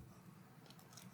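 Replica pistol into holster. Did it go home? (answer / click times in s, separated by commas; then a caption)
no / none. A plastic replica pistol (blue gun) is handled and pushed toward a holster, where it will click into place, held by tension rather than a retention device. Faint scraping is heard, with brief light ticks near 0.7, 0.8 and 1.0 seconds. The gun has not seated or clicked into the holster yet.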